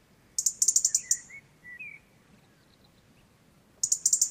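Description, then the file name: European robin calls, a rapid series of high thin ticking notes, a few soft lower warbled notes, then another quick burst of high ticks near the end. "Erithacus rubecula"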